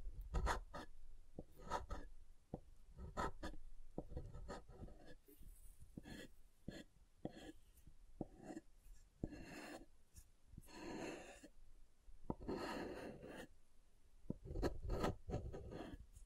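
Soap being tapped and carved, with sharp clicks and taps scattered throughout and rougher scraping passages, especially around 5–6, 10–12 and 15 seconds. The sounds are irregular and fairly dense, mixing crisp bright ticks with dull, low knocks.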